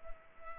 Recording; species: mosquito wingbeat signal from an infrared sensor; Culex pipiens